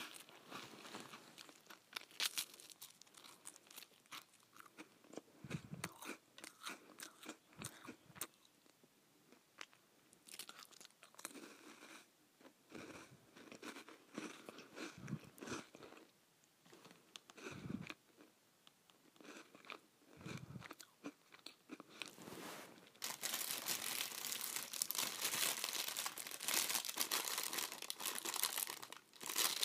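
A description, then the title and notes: Someone eats saltine crackers, with sharp dry crunches and crinkly chewing coming in irregular bursts. A few deeper bites thump through around 6, 8, 15, 18 and 21 seconds. The last several seconds turn into a dense, continuous crackling rustle. ASMR Eating Saltines.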